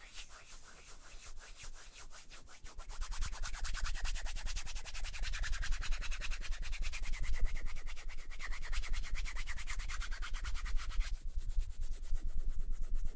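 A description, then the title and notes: Hands rubbing together in quick, steady, scratchy strokes that sound like a dry hiss with a rough, sanding texture. The rubbing is softer for the first couple of seconds, then grows louder and stays dense and even to the end. ASMR The BEST Hand Sounds.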